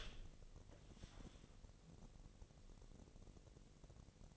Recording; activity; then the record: daily activity, microphone in the room; open door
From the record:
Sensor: 4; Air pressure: 1013.2 hPa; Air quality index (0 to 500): 176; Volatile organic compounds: 2 ppm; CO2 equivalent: 1112 ppm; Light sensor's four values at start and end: 72/176/74/75 and 97/244/101/108